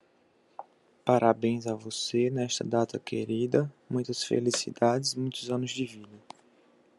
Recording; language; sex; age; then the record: short text; Brazilian Portuguese; male; 30 to 39 years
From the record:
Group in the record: control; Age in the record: 30 years